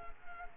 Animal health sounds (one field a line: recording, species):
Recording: mosquito wingbeat signal from an infrared sensor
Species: Culex quinquefasciatus